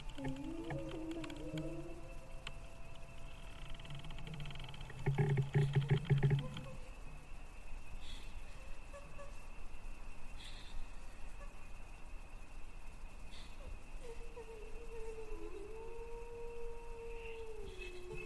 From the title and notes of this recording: Thai haunted cemetery ASMR Ambience เสียงบรรยากาศหลอนๆ ในป่าช้ากลางดึก. Female ghost walking around the cemetery looking for her lost baby , singing lullaby and call for help.